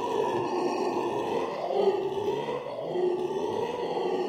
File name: alouatta caraya